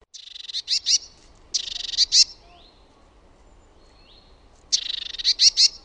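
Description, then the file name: Great tit calls, each a rasping buzzy churr ending in a few clipped, emphatic notes, given three times with faint thin notes between. "TALITIAINEN"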